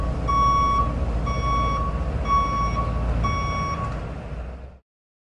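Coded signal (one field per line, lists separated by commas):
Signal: alarm pattern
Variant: truck reversing beeper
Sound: four steady evenly spaced mid-pitched beeps over a rumbling engine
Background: truck engine rumble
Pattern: 4 short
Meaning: The vehicle is backing up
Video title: Truck Backing Up Beep sound effects # 092 Free Download YouTube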